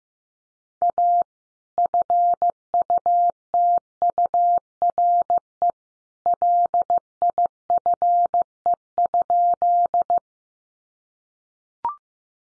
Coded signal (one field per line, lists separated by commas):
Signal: Morse code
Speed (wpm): 15 wpm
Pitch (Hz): 700 Hz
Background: none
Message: A FUTURE LIFE?